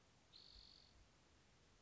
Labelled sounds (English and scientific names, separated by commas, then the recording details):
Spotted Towhee (Pipilo maculatus)
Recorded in Sonoma County, California